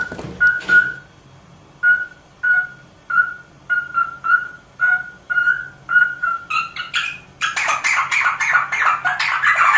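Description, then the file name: Rosella song: a series of clear mid-pitched whistled notes, then a loud, dense chattering burst of higher notes, over a low steady hum. "Canto da Rosela"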